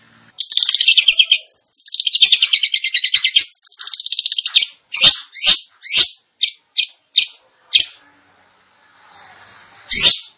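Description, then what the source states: Long-tailed shrike song beginning with a long, wavering trilled phrase, then several loud, separated harsh notes and a final loud burst after a quiet spell. Indonesian name cendet; described as gacor, actively and vigorously singing.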